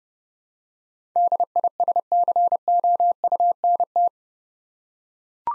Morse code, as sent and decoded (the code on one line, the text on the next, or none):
-.. .. ... -.-. --- ..- -. -
DISCOUNT